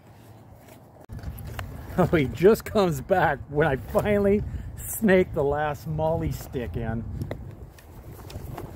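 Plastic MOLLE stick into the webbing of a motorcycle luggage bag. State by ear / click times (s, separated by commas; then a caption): seated / 8.3 s, 8.6 s. A plastic MOLLE stick is threaded through the webbing of a soft Tusk Excursion rackless motorcycle luggage bag for a Yamaha TW200 and pressed home. Someone talks through most of the clip, with soft handling noises, then two sharp clicks at 8.3 s and 8.6 s. The stick snaps into place and both sticks are seated.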